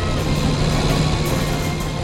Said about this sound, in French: Il faut aller plus vite. Impossible. La voiture donne son maximum.